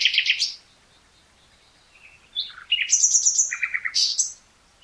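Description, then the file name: Common nightingale gives a short rattling burst, pauses, then sings a run of sharp high repeated notes and trills. "Luscinia megarhynchos"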